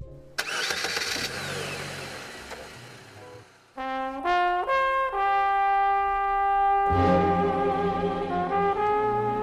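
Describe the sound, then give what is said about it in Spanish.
A car engine catches with a sudden rough burst and rumbles noisily, then revs up in a series of stepped, rising whining tones that hold steady and loud to the end, with no talking. “Subí al auto. Vamos a dar una vuelta.”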